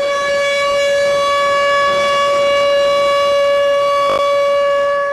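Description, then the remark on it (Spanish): An air raid siren in Ukraine during the Russian invasion, March 2022, blares loudly on a steady, sustained tone rich in harmonics, holding its pitch without pause for the whole stretch, with a brief crackle near the end and no voices. “La vida continúa entre sirenas y explosiones, como quiso recordar el presidente Zelensky a través de su video de las redes.”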